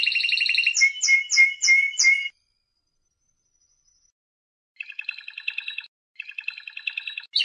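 Canary song: a rapid trill, then several repeated whistled notes, a pause, and two rolling trilled phrases.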